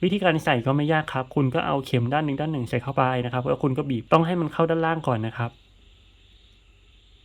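A Samsung Galaxy Watch4 strap's spring-bar pin has one end inserted into the watch case lug, with the strap guided into the lower side first, as a man talks for about 5.5 seconds. The talk then stops, leaving low background hiss to the end. Nothing has seated or clicked yet.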